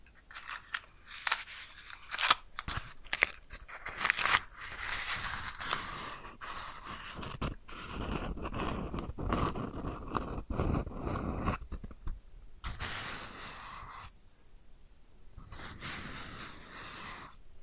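A match is struck and lit up close, then fire crackles and sizzles before being extinguished. Sharp snapping clicks come in quick, irregular bursts over the first few seconds, giving way to a denser, rough hissing that swells and fades several times, with a quieter gap near fourteen seconds.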